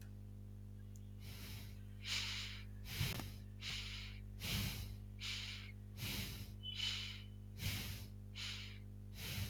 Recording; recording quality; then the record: shallow breathing; moderate, slight background noise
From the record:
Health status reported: healthy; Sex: female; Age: 28 years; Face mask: not worn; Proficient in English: yes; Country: India